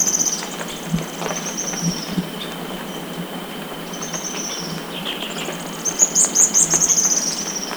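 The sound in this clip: Bird calls: thin, high trills come and go, then a fast stuttering burst of notes near the end, over a steady hissing background.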